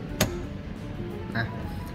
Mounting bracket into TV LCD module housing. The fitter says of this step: hai setelah itu kita langsung dorong keatas sampai mengunci dengan berbunyi klik nah setelah